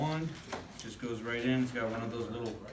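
A vacuum wand is being pushed into the hose handle while someone talks. The wand is handled but has not seated or clicked yet, and the clip ends before it goes home.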